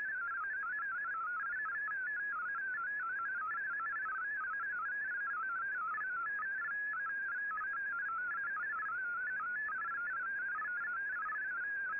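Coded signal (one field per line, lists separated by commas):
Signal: multi-tone FSK (Olivia or MFSK type)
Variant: MFSK32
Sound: rapid warbling single tone jumping between many nearby pitches, continuous burbling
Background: radio static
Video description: Here is my decode of the Shortwave Radiogram broadcast today on 15770Khz shortwave radio at 1300UTC in MFSK32 and 64 with 11 SSTV images.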